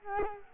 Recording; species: mosquito wingbeat signal from an infrared sensor; Culex quinquefasciatus